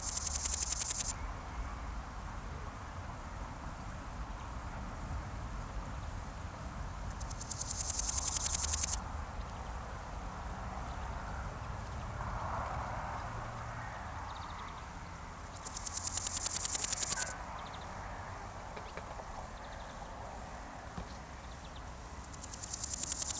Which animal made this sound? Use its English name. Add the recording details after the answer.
Large Gold Grasshopper. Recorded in the wild. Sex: male. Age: imago. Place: Mühlenbeck, am Tegeler Fließ, Brandenburg, DE. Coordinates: 52.667, 13.37. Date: 1992-08-16 14:40. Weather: leicht bewölkt, 22°C, keine Sonne. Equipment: Marantz CP 430, Sennheiser ME 80, Kopie Tesla B 116. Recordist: Tembrock, Günter. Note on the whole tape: Männchen: Stridulation